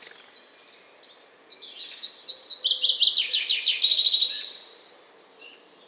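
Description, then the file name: Great tit calls: a quick run of sharp chirps building into a dense burst, over a constant high thin hiss. "Parus major"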